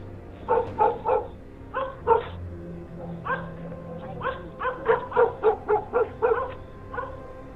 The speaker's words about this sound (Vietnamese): Người ta chỉ biết hàng đêm ở đầu làng, chỗ con sông chảy qua, thỉnh thoảng nghe tiếng chó cắn ma cứ nhấp nhà nhấp nhặng.